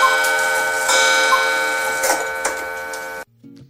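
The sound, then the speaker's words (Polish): A large town clock in Poland ticks with a few sharp, irregularly spaced clicks over a steady, bright metallic ringing hum. No one speaks, and the sound cuts off abruptly near the end. “Dzisiaj w całym kraju te duże miejskie zegary zatrzymały się, jedne na dłużej, drugie na krócej.”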